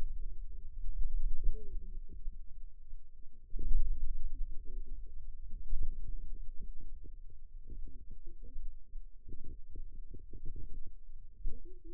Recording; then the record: forearm muscle sounds (acoustic myography)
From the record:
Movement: pen grasping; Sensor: system 2, bracelet of six BSWA MPA416 microphones around the upper forearm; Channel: 1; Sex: female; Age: 21 years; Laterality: right